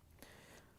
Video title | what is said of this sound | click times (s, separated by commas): How To: Samsung Broken Belt Switch 3405-001077 | you have to do is push them together so they lock into place make sure you get a good connection and then | 0.2 s